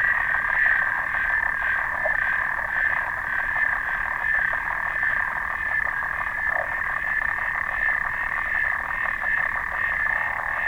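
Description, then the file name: Clawed frog rattling out quick clicks nonstop, a dense buzzing tick train across the whole stretch. "xenopus"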